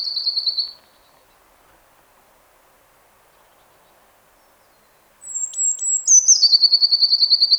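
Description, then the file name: Eurasian blue tit song: a rapid trill near the start, then thin high notes that slide down into a fast, even trill of repeated lower notes. "Cyanistes caeruleus"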